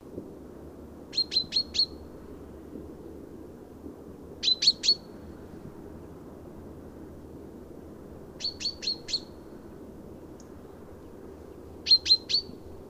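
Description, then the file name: Common chaffinch calling in short runs of three to four sharp, high notes, repeated about every three to four seconds against a low, quiet hum. "Fringilla coelebs"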